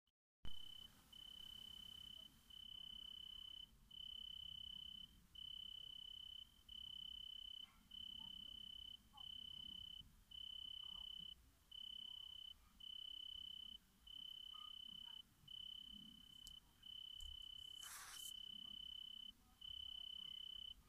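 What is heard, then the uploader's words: Cicadas buzz in a steady, piercing pulse, a bright high tone that switches on and off about once every second. A soft low rumble sits underneath, with a brief scratchy noise near the eighteen-second mark. Cicadas by oplattenbau.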